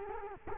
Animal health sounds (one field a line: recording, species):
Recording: mosquito wingbeat signal from an infrared sensor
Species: Culex quinquefasciatus